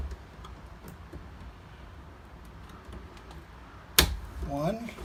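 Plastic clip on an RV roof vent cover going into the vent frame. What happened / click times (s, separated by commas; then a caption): The plastic clip snapped into place / 4.0 s. The second plastic Ez Clip on a MaxxAir Fanmate RV roof vent cover is pushed onto the vent frame and snaps into place with a loud, sharp click at 4.0 s, seating the clip. Quiet background fills the first four seconds, and someone talks right after the snap.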